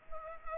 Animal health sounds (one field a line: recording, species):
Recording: mosquito wingbeat signal from an infrared sensor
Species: Culex pipiens